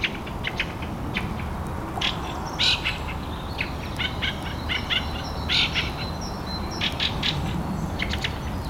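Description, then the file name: Fieldfare giving harsh, chattering song bursts mixed with thin squeaks, repeated irregularly over soft background noise. Recorded 25 April at 4:30 in the morning. "Drozd-ryabinnik - 25 aprelya 4 30 utra"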